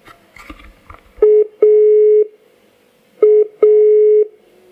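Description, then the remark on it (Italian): Telephone keypad tones on an automated phone menu: two pairs of steady electronic beeps, each pair a short tone followed by a longer one, clear and fairly loud, with no talking. “variare il suo contratto o richiedere assistenza, digiti il tasto 2.”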